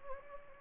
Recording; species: mosquito wingbeat signal from an infrared sensor; Anopheles gambiae